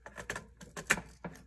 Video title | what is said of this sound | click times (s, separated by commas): DIY - fix KitchenAid fridge chirping - Model: KSCS25FVMS01 | push it and here you here click until | 0.9 s